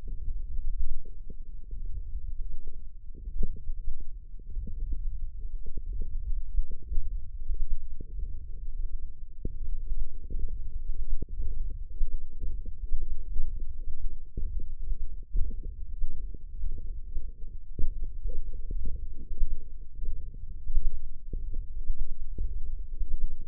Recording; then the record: forearm muscle sounds (acoustic myography)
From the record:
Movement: radial deviation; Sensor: system 1, eight BSWA MPA416 microphones around the upper forearm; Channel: 6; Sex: male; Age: 18 years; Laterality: right